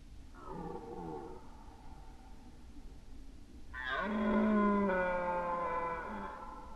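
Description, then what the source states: Red deer roars: a softer falling bellow first, then a louder, longer, steady harmonic roar a few seconds later. Red deer roaring during the rut, 2011.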